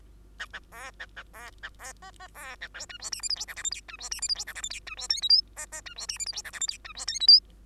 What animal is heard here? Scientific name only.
Lonchura striata domestica